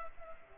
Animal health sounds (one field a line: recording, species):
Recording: mosquito wingbeat signal from an infrared sensor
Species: Culex pipiens